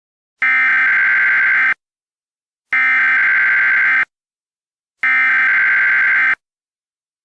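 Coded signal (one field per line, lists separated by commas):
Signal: Emergency Alert System (SAME) tones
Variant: header bursts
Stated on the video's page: Fictional EAS scenario.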